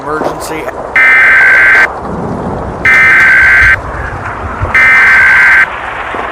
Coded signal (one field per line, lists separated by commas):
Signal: Emergency Alert System (SAME) tones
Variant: header bursts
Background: speech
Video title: {EAS MINI} Black Mesa